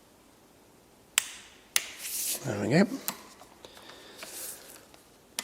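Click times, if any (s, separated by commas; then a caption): 1.2 s, 1.8 s. A 6 Nm torque wrench tightens another bolt, giving two sharp clicks at 1.2 s and 1.8 s that confirm the set torque has been reached. Someone talks between about 2.0 and 3.0 s, followed by quieter faint sounds and one more sharp tick near 5.4 s.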